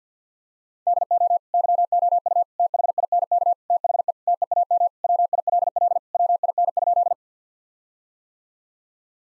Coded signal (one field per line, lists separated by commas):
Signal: Morse code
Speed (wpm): 50 wpm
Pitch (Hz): 700 Hz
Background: none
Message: DO YOU THINK THE TEAM WILL WIN?